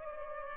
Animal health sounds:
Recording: mosquito wingbeat signal from an infrared sensor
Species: Culex pipiens

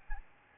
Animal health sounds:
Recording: mosquito wingbeat signal from an infrared sensor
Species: Aedes albopictus

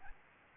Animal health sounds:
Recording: mosquito wingbeat signal from an infrared sensor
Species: Aedes albopictus

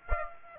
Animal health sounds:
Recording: mosquito wingbeat signal from an infrared sensor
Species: Aedes aegypti

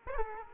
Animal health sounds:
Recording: mosquito wingbeat signal from an infrared sensor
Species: Aedes aegypti

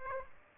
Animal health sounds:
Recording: mosquito wingbeat signal from an infrared sensor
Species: Aedes aegypti

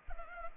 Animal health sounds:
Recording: mosquito wingbeat signal from an infrared sensor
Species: Culex pipiens

